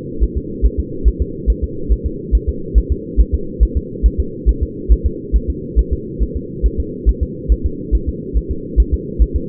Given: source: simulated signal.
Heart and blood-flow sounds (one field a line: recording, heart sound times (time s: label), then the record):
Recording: fetal heart sounds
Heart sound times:
0.23 s: S1
0.38 s: S2
0.65 s: S1
0.79 s: S2
1.08 s: S1
1.22 s: S2
1.50 s: S1
1.64 s: S2
1.92 s: S1
2.06 s: S2
2.35 s: S1
2.49 s: S2
2.78 s: S1
2.92 s: S2
3.20 s: S1
3.34 s: S2
3.63 s: S1
3.77 s: S2
4.06 s: S1
4.20 s: S2
4.49 s: S1
4.63 s: S2
4.92 s: S1
5.06 s: S2
5.36 s: S1
5.50 s: S2
5.79 s: S1
5.93 s: S2
6.22 s: S1
6.36 s: S2
6.66 s: S1
6.80 s: S2
7.09 s: S1
7.23 s: S2
7.52 s: S1
7.66 s: S2
7.95 s: S1
8.09 s: S2
8.37 s: S1
8.51 s: S2
8.80 s: S1
8.94 s: S2
9.22 s: S1
9.36 s: S2
From the record:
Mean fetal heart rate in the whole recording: 140 bpm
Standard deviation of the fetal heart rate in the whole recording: 2 bpm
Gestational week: 34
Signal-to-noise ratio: -4.3 dB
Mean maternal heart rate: 72 bpm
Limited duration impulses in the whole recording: absent